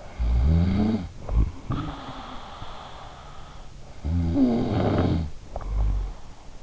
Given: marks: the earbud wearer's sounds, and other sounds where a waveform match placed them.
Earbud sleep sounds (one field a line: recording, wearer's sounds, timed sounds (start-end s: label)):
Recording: sounds in sleep by an in-ear microphone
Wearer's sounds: snoring breath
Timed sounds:
0.00-3.25 s: snoring breath
3.65-6.51 s: snoring breath